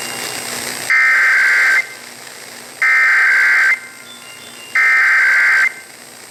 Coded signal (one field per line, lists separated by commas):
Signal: Emergency Alert System (SAME) tones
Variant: header bursts